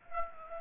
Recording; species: mosquito wingbeat signal from an infrared sensor; Aedes aegypti